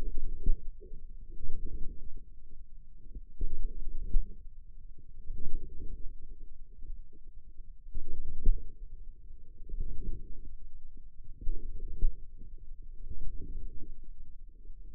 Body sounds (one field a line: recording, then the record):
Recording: forearm muscle sounds (acoustic myography)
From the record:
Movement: inward rotation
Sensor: system 2, bracelet of six BSWA MPA416 microphones around the upper forearm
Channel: 5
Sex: male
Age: 22 years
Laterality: right